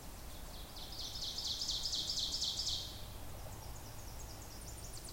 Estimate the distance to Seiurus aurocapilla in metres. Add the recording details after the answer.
about 40 m. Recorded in boreal forest in Alberta, Canada, on 26 May 2016 at 07:19. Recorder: SongMeter 3, array SBT-3-15. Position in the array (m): 41 m, 225 m. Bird 20